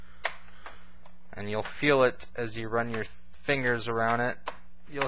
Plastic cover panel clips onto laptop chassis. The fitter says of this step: I'm going to start just snapping it back into place